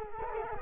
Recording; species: mosquito wingbeat signal from an infrared sensor; Culex quinquefasciatus